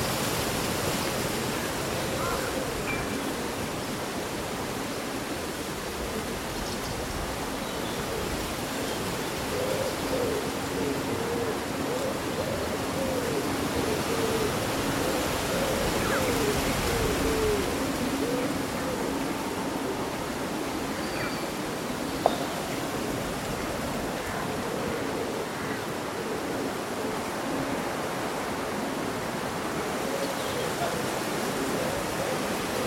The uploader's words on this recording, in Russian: Прохладный летний день: Шелест листвы и пение птиц. Симфония шелеста листьев и мелодии местных птиц.